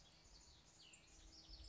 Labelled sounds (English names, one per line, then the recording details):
Cassin's Vireo
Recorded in Sonoma County, California